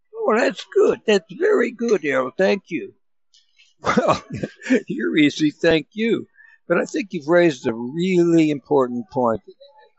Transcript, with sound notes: Oh, that's good. That's very good, Errol. Thank you. (laughs) Well, you're easy. Thank you. But I think you've raised a really important point.